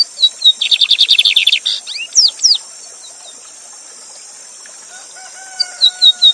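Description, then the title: Lined seedeater song with a quick buzzy trill, sharp rising and falling whistles, then soft whistled notes, over a continuous hiss of falling water. Bigodinho song style, 'Gavião negro' song type; teacher bird singing live beside a waterfall, used as a song tutor. "Novo Canto de Bigodinho. Bigode Gavião negro professor de canto cantando ao vivo com cascata!"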